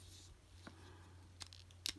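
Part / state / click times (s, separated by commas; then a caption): plastic figure part into a side notch / seated / 1.9 s. A plastic part of a transforming toy figure is pressed into a notch on its side. A faint tick at 0.7 s and a few small plastic clicks around 1.4–1.5 s come before a sharp, bright snap at 1.9 s, as the part seats home, over a steady low hum.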